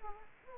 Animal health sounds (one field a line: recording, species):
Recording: mosquito wingbeat signal from an infrared sensor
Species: Aedes aegypti